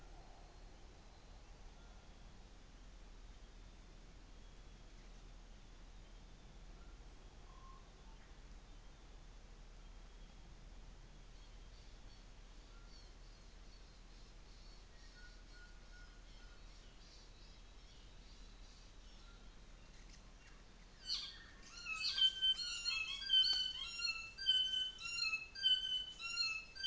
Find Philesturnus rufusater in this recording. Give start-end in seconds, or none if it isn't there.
none